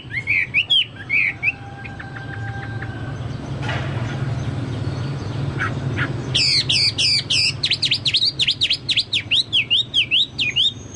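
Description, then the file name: Chinese hwamei song starting with a few whistles, then a quieter stretch, then a loud fast series of sweeping slurred notes in the last few seconds. "hwamei-2-omkicau"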